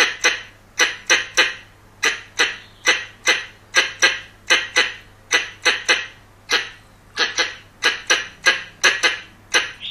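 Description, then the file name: Squirrel chattering in a steady run of harsh chucks, paired and single, continuing throughout with a low constant hum behind. Young male squirrel. "กระรอกหนุ่ม"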